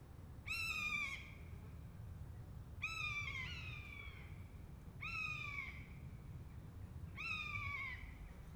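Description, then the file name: Buzzard mewing, four strong descending cries roughly every two seconds, each ringing and slightly hoarse, against a soft low-pitched rumble. A pair of buzzards. "jl buzzard pair"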